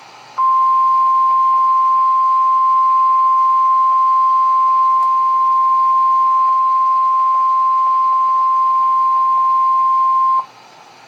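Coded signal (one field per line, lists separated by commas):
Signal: Emergency Alert System (SAME) tones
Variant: 1050 Hz attention tone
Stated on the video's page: Real severe thunderstorm warning.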